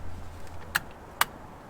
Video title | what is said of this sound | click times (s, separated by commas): can this $20 part prevent a total engine rebuild? | It's a satisfying click. | 0.8 s, 1.2 s